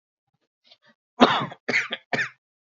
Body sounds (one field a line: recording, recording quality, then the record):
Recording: shallow voluntary cough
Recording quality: excellent, no background noise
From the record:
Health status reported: healthy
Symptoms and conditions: hypertension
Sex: male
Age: 43 years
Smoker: not ticked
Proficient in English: yes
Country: India